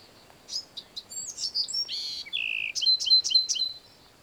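Bewick's wren song: a few high scratchy introductory notes, a buzzy middle section and a lower note, then a quick run of four sharp repeated notes ending the phrase.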